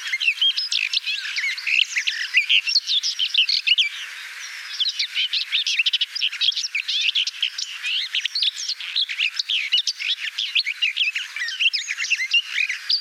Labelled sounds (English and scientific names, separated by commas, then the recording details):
Garden Warbler (Sylvia borin) song
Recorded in the wild
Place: Damtschik/Wolgadelta, RU
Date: 1998-05-15
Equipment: Dat-Recorder Casio DA 7, Telinga DAT, Telinga-Parabolspiegel
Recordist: Schwarz, Dieter